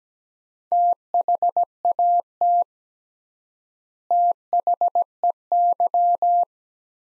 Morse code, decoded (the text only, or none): THAT THEY